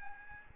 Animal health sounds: mosquito wingbeat signal from an infrared sensor; Aedes albopictus

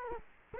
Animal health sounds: mosquito wingbeat signal from an infrared sensor; Culex quinquefasciatus

